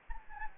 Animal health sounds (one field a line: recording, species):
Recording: mosquito wingbeat signal from an infrared sensor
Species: Anopheles gambiae